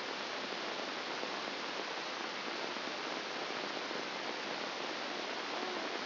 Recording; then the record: brain microelectrode recording played as sound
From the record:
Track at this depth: inside the subthalamic nucleus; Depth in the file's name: 1.705 mm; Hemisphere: left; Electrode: 2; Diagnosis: Parkinson's disease